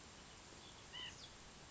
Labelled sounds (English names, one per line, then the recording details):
White-breasted Nuthatch
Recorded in Sonoma County, California